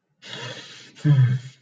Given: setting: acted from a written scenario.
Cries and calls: vocal sound without words; serenity

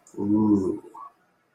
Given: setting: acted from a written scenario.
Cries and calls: vocal sound without words; desire

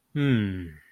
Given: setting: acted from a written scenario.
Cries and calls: vocal sound without words; serenity

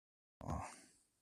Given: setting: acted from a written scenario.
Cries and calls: vocal sound without words; embarrassment

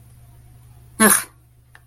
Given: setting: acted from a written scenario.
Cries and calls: vocal sound without words; contempt

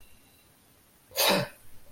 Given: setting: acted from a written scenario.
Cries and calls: vocal sound without words; elation

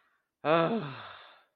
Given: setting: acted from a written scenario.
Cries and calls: vocal sound without words; relief

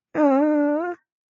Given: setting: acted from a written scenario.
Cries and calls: vocal sound without words; distress

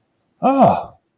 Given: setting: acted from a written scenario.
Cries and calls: vocal sound without words; positive surprise

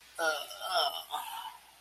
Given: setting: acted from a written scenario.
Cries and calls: vocal sound without words; shame

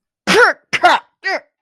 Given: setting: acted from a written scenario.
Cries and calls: vocal sound without words; pain

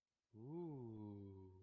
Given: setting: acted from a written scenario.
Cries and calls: vocal sound without words; desire

